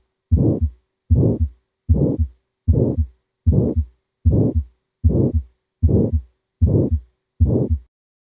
Actual recording from a dog with subaortic stenosis, made with the diaphragm of the stethoscope.